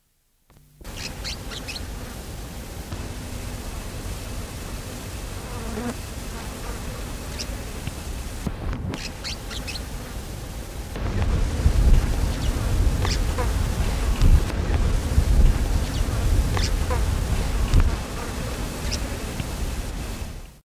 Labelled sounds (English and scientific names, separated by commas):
Rock Martin (Ptyonoprogne fuligula) call